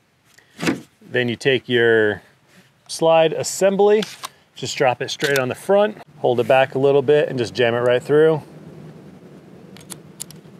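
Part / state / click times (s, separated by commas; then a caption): slide assembly onto pistol frame / seated / 9.9 s, 10.2 s. Someone talks while the slide assembly of an Arsenal Strike One Speed handgun, with its guide rod reinstalled, is dropped onto the front of the polymer frame, held back slightly and pushed through. Sharp metallic clicks follow at 9.9 s and 10.2 s as the slide snaps back onto the frame and seats.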